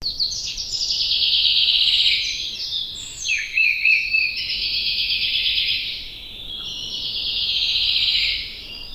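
Bird calling in a continuous high-pitched twittering chatter, swelling and fading in waves.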